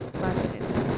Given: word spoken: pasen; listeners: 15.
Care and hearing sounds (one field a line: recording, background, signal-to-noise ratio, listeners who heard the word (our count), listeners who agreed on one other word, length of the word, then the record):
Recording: one Spanish word in noise, from a listening test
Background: noise modulated by three-talker babble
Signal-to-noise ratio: -7.4 dB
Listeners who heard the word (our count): 3 of 15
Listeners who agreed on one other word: 6 of 15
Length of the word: 0.58 s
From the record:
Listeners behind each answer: 6, 4, 3, 1, 1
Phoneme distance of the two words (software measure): 7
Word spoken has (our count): 2 syllables, 5 phonemes, stress on syllable 1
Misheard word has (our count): 2 syllables, 4 phonemes, stress on syllable 1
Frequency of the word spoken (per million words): 7.32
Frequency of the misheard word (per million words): 38.86